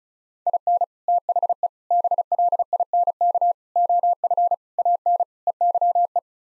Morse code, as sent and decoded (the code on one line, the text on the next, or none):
.. -. / - .... . / -... .-.. .. -. -.- / --- ..-. / .- -. / . -.-- .
IN THE BLINK OF AN EYE